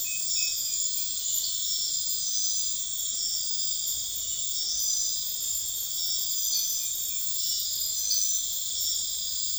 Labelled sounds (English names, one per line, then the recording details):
none
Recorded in pastures near Puerto Asís, Putumayo, Colombia, on 4 March 2025 at 03:00
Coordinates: 0.502, -76.324
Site GP07